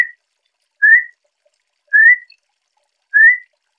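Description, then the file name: Campo troupial giving short, clear, slightly rising whistles, each about a third of a second, repeated roughly every 1.2 seconds in silence. Calling to fire up a male. "Corrupião-Piando-Para-Esquentar-Macho"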